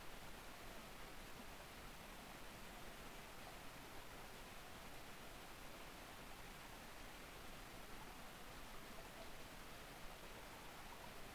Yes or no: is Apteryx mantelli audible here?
no